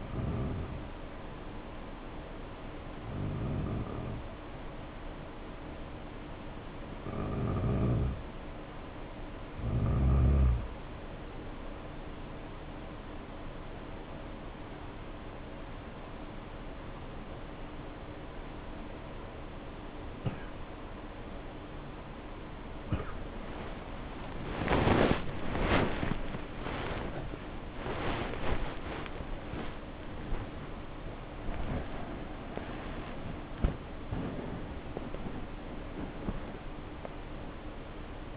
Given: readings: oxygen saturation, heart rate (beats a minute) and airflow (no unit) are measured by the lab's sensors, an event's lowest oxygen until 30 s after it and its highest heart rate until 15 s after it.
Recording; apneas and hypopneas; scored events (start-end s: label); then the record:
a person awake in a sleep study, by a voice recorder at the bedside; 1
3.00-19.90 s: hypopnea (N2, oxygen 94% highest, then 89% lowest, heart rate 66 at the start, 91 highest)
12.00-38.37 s: new sleep stage, awake
13.00-38.37 s: awake
From the record:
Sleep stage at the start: N2 (light sleep); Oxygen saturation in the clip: 89 to 94%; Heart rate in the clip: 65 to 91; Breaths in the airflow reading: 10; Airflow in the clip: -6.0 to 7.4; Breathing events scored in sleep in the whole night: 520 in 7.2 hours asleep